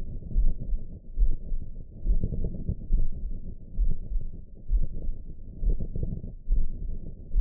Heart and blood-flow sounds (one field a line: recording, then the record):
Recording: heart sounds by optical stethoscope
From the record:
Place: tricuspid valve (TV)